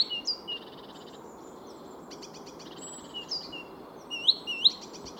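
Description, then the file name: Great tit calls: scattered high chirps, then a quick run of rising, whip-like notes near the end, with steady hiss throughout. "Parus major"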